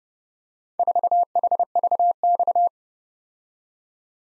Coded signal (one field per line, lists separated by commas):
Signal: Morse code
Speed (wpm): 29 wpm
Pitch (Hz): 700 Hz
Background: none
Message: 4HVX